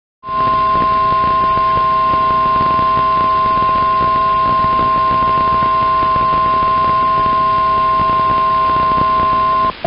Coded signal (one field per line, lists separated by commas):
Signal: Emergency Alert System (SAME) tones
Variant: 1050 Hz attention tone